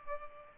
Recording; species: mosquito wingbeat signal from an infrared sensor; Culex pipiens